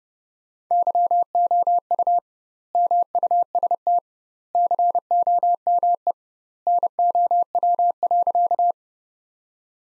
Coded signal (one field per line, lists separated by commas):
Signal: Morse code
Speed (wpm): 30 wpm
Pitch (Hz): 700 Hz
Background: none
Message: YOU MUST COME NOW.